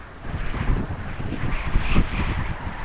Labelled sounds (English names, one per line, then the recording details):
none
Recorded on Arctic tundra, site UTQI-5, on 12 June 2019
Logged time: 08:00